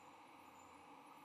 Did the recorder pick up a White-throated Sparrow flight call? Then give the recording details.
no. No flight call is heard. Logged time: 08:02 on 22 November 2014